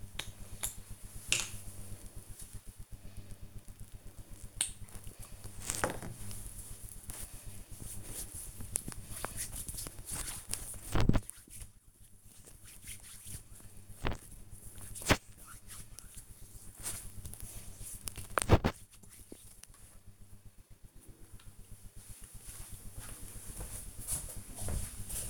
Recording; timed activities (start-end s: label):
household activities, microphone on the right wrist
0.00-19.20 s: cream hands